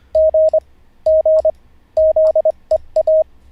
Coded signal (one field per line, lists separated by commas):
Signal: Morse code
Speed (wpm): 25 wpm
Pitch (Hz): 630 Hz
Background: none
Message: G G ZEA